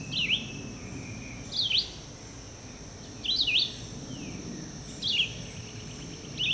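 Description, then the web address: Red-eyed vireo song: brief whistled up-and-down phrases repeated roughly every one and a half seconds, over a steady high hum and soft low background noise. "birds vireos"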